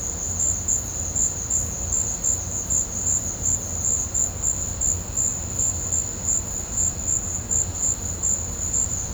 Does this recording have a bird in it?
no